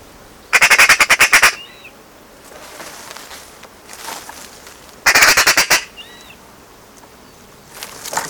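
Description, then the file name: Eurasian magpie giving rattling chatters, bursts of rapid harsh notes about every four and a half seconds, each followed by a short soft note; another burst begins at the end. "Pica pica"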